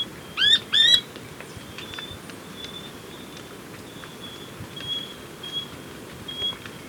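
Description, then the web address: Rufous spinetail giving two quick rising whistled notes, followed by faint scattered chips and ticks from other small callers. Ecuador. "Birds of Ecuador 2. Rufous Spinetail"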